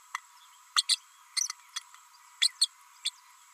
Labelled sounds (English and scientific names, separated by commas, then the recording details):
Green-rumped Parrotlet (Forpus passerinus) babbling
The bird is a female
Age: 32 days
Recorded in a nest box in Venezuela
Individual 17B32A5